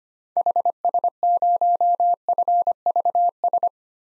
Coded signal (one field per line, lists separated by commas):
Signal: Morse code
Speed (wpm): 25 wpm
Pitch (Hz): 700 Hz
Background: none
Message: HS0FVS